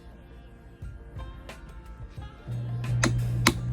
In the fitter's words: cover and snap it just on top until you hear the snap.